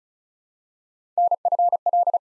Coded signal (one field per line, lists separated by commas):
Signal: Morse code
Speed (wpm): 36 wpm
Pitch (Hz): 700 Hz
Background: none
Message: NFL